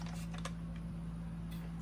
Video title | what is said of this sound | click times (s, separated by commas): Reveal and Review of Schleich Shadow Bug Battle Cave Playset | So, the smart method was to get one hinge first and then kind of slide the other hinge pin down the wall until it snapped into place. | 0.5 s